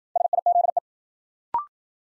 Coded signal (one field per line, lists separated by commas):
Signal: Morse code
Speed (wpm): 53 wpm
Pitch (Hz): 700 Hz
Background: none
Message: SIZE